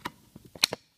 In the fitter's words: It clicks into place.